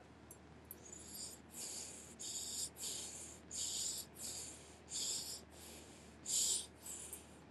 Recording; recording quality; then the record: shallow breathing; excellent, no background noise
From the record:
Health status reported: healthy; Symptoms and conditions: none ticked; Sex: female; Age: 51 years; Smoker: not ticked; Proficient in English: yes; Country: India